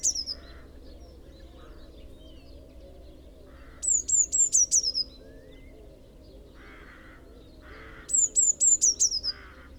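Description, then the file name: Eurasian blue tit calling, bursts of five or six very high, thin descending notes about every four seconds, with soft buzzy notes lower down between them. "Cyanistes caeruleus"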